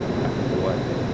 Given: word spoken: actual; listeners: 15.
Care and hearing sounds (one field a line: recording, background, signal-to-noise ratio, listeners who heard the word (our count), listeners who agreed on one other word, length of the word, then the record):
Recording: one Spanish word in noise, from a listening test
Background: speech-shaped noise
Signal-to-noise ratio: -5.9 dB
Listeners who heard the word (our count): 2 of 15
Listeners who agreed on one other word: 8 of 15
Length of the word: 0.74 s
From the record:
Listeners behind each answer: 8, 2, 1, 1, 1, 1, 1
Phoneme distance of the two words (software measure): 10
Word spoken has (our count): 2 syllables, 6 phonemes, stress on syllable 2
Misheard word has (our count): 2 syllables, 6 phonemes, stress on syllable 2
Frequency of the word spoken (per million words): 188.24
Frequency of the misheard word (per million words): 50.53